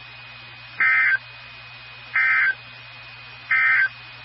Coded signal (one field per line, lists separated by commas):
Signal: Emergency Alert System (SAME) tones